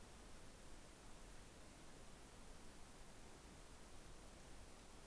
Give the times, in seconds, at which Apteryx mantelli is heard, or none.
none